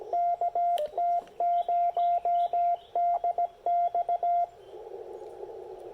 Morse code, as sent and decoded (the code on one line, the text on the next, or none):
-.- - ----- -.. -..-
KT0DX